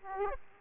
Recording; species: mosquito wingbeat signal from an infrared sensor; Aedes aegypti